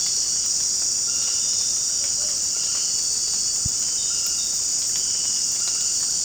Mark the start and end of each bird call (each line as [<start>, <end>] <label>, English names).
[0.87, 2.40] Tropical Screech-Owl